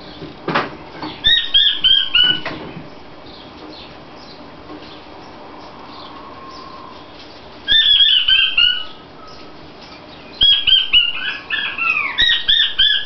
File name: king quail sound